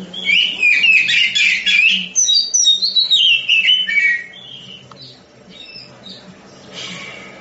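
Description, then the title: Oriental magpie-robin giving a dense burst of buzzy, warbling song with descending whistled phrases for about four seconds, then near quiet with faint notes. Song of a champion-grade bird, in the songbird competition sense. "Kicau Burung Kacer Juara"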